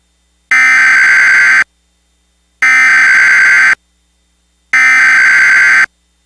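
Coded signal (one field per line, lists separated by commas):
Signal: Emergency Alert System (SAME) tones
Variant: header bursts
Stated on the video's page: Recreation with valid tones of a radio station's tornado warning relay through a fictional cable company.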